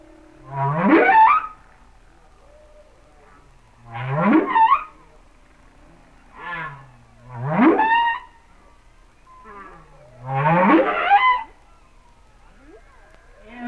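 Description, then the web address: Humpback whale song with a series of upsweeping moans and shorter grunting units. "Whale Songs Sounds of Nature - Humpback Whales"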